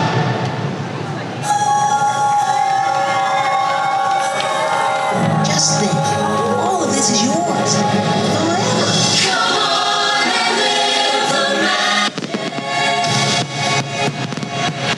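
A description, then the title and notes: Fireworks heard from a mall, with a dense crowd talking and cheering throughout. Deep booms roll in around the middle and again near the end, while steady whistling tones and scattered children's shouts ride over the constant loud chatter. Disneyland Forever fireworks as heard from Small World Mall. Unfortunately my levels were a little high on the recording.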